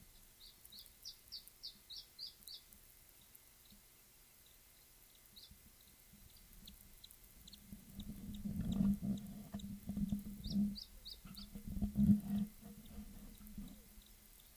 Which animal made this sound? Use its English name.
Iberian Chiffchaff